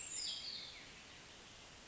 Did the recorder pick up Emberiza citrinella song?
no